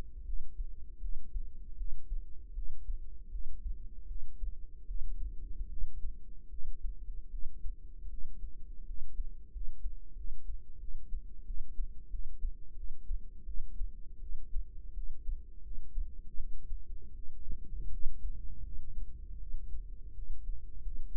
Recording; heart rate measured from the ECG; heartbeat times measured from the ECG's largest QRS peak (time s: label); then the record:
heart sounds by microphone in the right ear; 82 bpm
0.24 s: heartbeat
1.00 s: heartbeat
1.76 s: heartbeat
2.54 s: heartbeat
3.30 s: heartbeat
4.07 s: heartbeat
4.86 s: heartbeat
5.68 s: heartbeat
6.49 s: heartbeat
7.29 s: heartbeat
8.08 s: heartbeat
8.85 s: heartbeat
9.51 s: heartbeat
10.15 s: heartbeat
10.78 s: heartbeat
11.45 s: heartbeat
12.09 s: heartbeat
12.74 s: heartbeat
13.44 s: heartbeat
14.19 s: heartbeat
14.93 s: heartbeat
15.61 s: heartbeat
16.35 s: heartbeat
17.14 s: heartbeat
17.90 s: heartbeat
18.62 s: heartbeat
19.38 s: heartbeat
20.13 s: heartbeat
20.81 s: heartbeat
From the record:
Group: healthy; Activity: rest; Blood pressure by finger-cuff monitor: 104/65 mmHg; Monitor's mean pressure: 78 mmHg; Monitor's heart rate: 79 bpm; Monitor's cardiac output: 6.8 L/min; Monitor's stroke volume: 85 mL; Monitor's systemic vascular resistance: 820 dyn s/cm5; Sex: female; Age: 19 years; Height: 163 cm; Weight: 48.9 kg